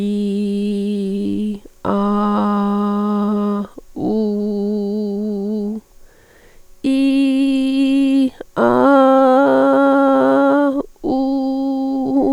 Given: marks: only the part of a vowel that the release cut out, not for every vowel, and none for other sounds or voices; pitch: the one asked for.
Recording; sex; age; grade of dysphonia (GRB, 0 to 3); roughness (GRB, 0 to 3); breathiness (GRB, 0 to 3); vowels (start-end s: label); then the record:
sustained vowels; female; 30 to 39 years; 2; 1; 2
0.00-1.20 s: vowel /i/, normal pitch
1.98-3.55 s: vowel /a/, normal pitch
4.17-5.65 s: vowel /u/, normal pitch
6.92-8.22 s: vowel /i/, high pitch
9.05-10.68 s: vowel /a/, high pitch
11.15-12.02 s: vowel /u/, high pitch
From the record:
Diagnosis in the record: hyperfunctional dysphonia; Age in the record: 36 years